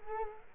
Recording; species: mosquito wingbeat signal from an infrared sensor; Culex quinquefasciatus